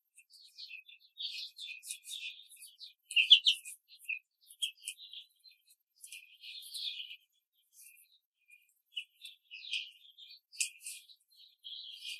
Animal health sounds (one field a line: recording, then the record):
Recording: young laying hens in a cage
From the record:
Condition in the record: control cage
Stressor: none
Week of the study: 5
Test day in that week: 1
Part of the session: 1